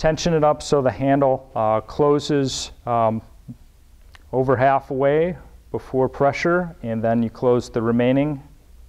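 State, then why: Not seated. Someone talks while tensioning the clamp handle on a Gaastra Matrix HD windsurf boom head so it closes over halfway before meeting pressure, ready to push the remaining travel shut onto the carbon mast. The clip ends just before the lever snaps closed, so nothing has seated or clicked yet.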